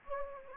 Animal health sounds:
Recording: mosquito wingbeat signal from an infrared sensor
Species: Anopheles gambiae

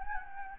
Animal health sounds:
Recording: mosquito wingbeat signal from an infrared sensor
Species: Anopheles gambiae

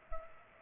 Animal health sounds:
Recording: mosquito wingbeat signal from an infrared sensor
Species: Culex pipiens

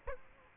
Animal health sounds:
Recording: mosquito wingbeat signal from an infrared sensor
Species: Culex quinquefasciatus

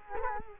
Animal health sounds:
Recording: mosquito wingbeat signal from an infrared sensor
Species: Culex quinquefasciatus

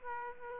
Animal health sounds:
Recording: mosquito wingbeat signal from an infrared sensor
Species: Aedes aegypti

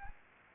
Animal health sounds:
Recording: mosquito wingbeat signal from an infrared sensor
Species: Anopheles gambiae

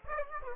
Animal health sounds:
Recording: mosquito wingbeat signal from an infrared sensor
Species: Aedes aegypti

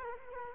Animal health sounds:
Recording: mosquito wingbeat signal from an infrared sensor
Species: Culex quinquefasciatus

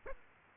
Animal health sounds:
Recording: mosquito wingbeat signal from an infrared sensor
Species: Aedes aegypti

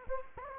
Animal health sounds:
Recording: mosquito wingbeat signal from an infrared sensor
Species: Anopheles gambiae

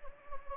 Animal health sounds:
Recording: mosquito wingbeat signal from an infrared sensor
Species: Anopheles gambiae

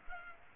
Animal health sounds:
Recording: mosquito wingbeat signal from an infrared sensor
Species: Culex pipiens

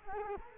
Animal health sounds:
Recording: mosquito wingbeat signal from an infrared sensor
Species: Culex quinquefasciatus

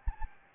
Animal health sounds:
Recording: mosquito wingbeat signal from an infrared sensor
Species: Anopheles gambiae

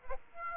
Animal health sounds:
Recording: mosquito wingbeat signal from an infrared sensor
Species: Aedes aegypti

